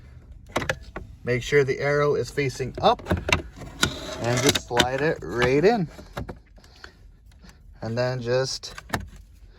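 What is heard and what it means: A new cabin air filter is slid into its housing behind the glove box while someone talks, with a few short plastic knocks and scrapes as it goes in. The filter housing cover has not clicked or seated yet when the clip ends.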